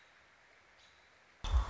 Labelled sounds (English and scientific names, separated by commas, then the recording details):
American Robin (Turdus migratorius)
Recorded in Sonoma County, California